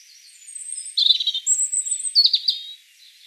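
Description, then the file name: European robin phrase of thin high whistles mixed with quick rattling trills and sharp chips. "Erithacus rubecula 240702"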